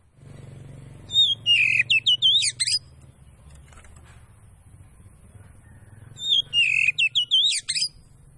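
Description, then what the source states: Magpie-robin singing two energetic phrases of sliding whistles and sharp notes over a steady low hum. Kacer Poci variety; singing gacor, meaning vigorously.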